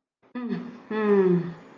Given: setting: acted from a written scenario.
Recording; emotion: vocal sound without words; sympathy